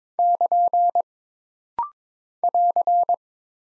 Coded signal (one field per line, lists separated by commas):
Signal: Morse code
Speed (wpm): 23 wpm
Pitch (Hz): 700 Hz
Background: none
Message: <KN> <AR>